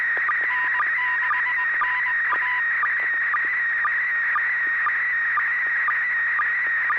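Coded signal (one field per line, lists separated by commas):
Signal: SSTV (slow-scan television)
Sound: warbling tone around 1.9 kHz with short low blips about twice a second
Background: intermittent 1 kHz tone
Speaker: so bob at six pgq do you have a picture ready to send go ahead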